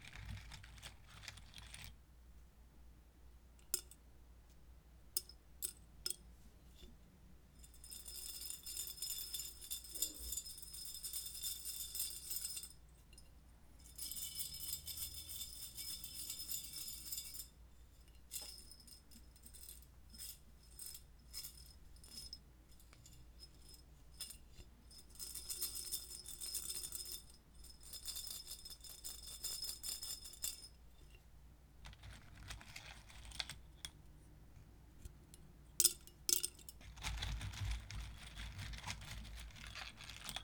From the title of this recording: wooden matches and glass